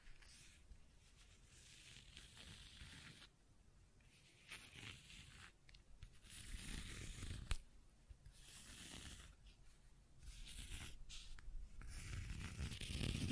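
Scratching and tracing sounds: a dry, hissy rubbing that comes in strokes of a second or two, separated by brief quieter gaps. The scraping is bright and papery, with a low rumble underneath, and grows somewhat louder and denser toward the end.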